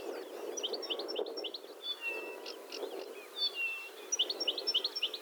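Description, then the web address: Blyth's reed warbler song of scattered chirps and short whistles, building into a quick run of clipped notes at the end over a steady low rumble. "Struikrietzanger graszanger-acrocephalus-dumetorum"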